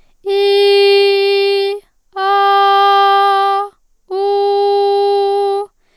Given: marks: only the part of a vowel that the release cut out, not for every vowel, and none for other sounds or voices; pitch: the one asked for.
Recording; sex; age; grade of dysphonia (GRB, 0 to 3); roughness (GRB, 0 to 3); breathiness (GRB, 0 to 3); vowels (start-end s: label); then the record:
sustained vowels; female; 18 to 19 years; 0; 0; 0
0.51-1.52 s: vowel /i/, high pitch
2.36-3.45 s: vowel /a/, high pitch
4.30-5.40 s: vowel /u/, high pitch
From the record:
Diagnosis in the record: healthy voice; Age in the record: 19 years